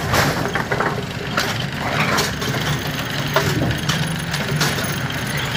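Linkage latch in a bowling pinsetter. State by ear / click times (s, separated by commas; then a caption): not seated / none. A Brunswick A2 bowling pinsetter's GB cycle linkage is cycled after an adjustment, giving wood and metal knocks from the cycle over a steady mechanical hum, with sharp hits around 0.6, 0.7, 0.8, 1.4, 3.4 and 3.9 seconds. The linkage travels too far and the latch does not catch, so nothing has latched.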